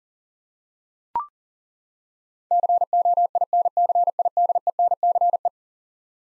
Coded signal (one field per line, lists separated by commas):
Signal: Morse code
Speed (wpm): 40 wpm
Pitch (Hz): 700 Hz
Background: none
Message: COINCIDENCE